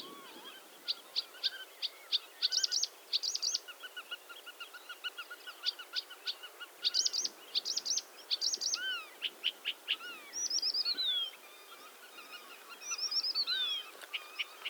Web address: Struikrietzanger. graszanger acrocephalus dumetorum